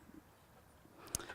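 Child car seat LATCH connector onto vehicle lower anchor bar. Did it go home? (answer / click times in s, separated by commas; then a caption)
yes / 1.1 s. A child car seat's LATCH connector is pushed through the seat bight onto the vehicle's lower anchor bar, metal hooking onto metal. A sharp click at 1.2 s shows the connector seating on the anchor, with a softer follow-up sound at 1.3 s. No one talks in the clip.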